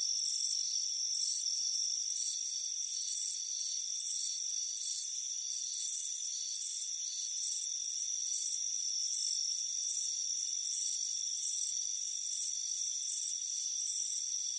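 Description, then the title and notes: Cricket chirps come as quick, high trilled bursts over a steady buzzing drone and thin tonal hum. "Soothing Crickets Chirping Sound. It's a warm afternoon as you relax in a hammock on the front porch. Deep Sleep Sounds"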